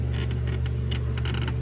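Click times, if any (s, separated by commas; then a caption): 0.9 s. On a 2005 Yamaha Royal Star motorcycle, a plastic wiring harness connector is pushed fully onto the regulator rectifier on the second attempt, over a steady low hum and bursts of rustling handling noise. The connector latches with a sharp click at 0.9 s, followed by a few more short taps between 1.2 and 1.5 s. The connector is confirmed seated.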